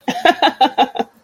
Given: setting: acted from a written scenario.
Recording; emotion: vocal sound without words; amusement